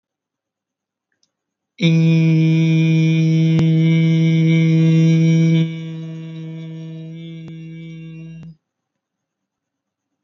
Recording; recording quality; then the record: sustained vowel as in beet; moderate, slight background noise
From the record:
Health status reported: healthy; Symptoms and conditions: none ticked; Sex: male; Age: 19 years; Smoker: not ticked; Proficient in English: yes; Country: India